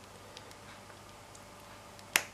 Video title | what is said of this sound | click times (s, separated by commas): Power Rangers Lightning Collection - Action Figures Wave 4 Review | When you hear that click or pop, you know that the head is back on there perfectly, and it won't fall off or anything silly like that. | 2.2 s